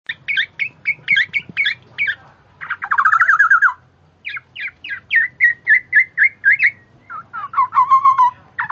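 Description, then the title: Black-naped oriole song: quick series of sharp whistled notes several per second, broken by two rasping buzzy trills. The repeated notes carry on throughout. Female; chattering (ocehan), described as special and effective for 'panci'. "ocehan kepodang BETINA"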